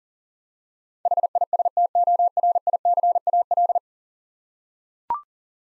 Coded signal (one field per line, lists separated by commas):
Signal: Morse code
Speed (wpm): 37 wpm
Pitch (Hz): 700 Hz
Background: none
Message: HISTORICAL